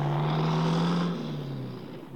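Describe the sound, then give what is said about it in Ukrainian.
A car engine drones steadily as the car drives through the quiet darkness before dawn toward a road crossroads, a low humming tone over broad road rumble that dips slightly in pitch and loudness partway through. “У супокойливой дремотной темры его машина наближалась до скрыжования дорог.”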